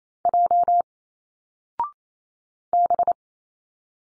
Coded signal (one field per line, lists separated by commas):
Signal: Morse code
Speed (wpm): 28 wpm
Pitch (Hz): 700 Hz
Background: none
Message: J B